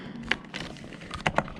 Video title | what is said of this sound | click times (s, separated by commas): Rakit PC Core i5 Gen 10 - Mending Rakit PC | sampai klik sewa masih ini kan ada yang | 0.3 s, 1.3 s